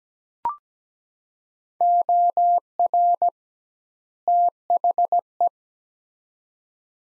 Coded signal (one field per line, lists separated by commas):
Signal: Morse code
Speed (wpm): 17 wpm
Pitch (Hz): 700 Hz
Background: none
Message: OR THE